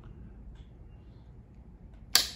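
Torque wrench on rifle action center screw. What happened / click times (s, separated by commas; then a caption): The torque wrench clicked over at its setting / 2.2 s. A supplied torque wrench tightens the center action screw on a switch-barrel rifle until it breaks over at its setting. After a quiet stretch with only a low background hum, a single sharp click is heard at 2.2 s, confirming the wrench has reached torque.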